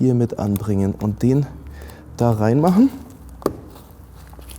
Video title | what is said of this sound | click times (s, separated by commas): BMW F30 / F31 Soundsystem einbauen - Gladen Boxmore BMW DSP - ARS24 | click and now it's locked into place everywhere, it's tight all around, so you can definitely | 3.5 s